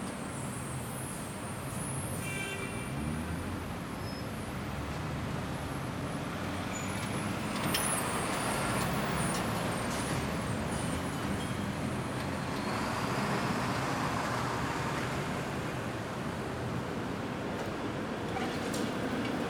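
Steady traffic noise forms a dense, unbroken roar weighted toward the low end, with a constant rumble of engines and tires. Loudness stays nearly even throughout, swelling slightly around the middle as vehicles pass, and faint high squeaks and hisses surface occasionally.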